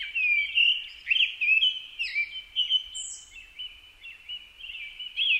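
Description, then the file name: Japanese thrush pouring out continuous warbled song, quick liquid whistles tumbling together with a few thin high notes mixed in. Recorded on 4 May 2010 at 18:30. "kurotugumi-20100504-1830"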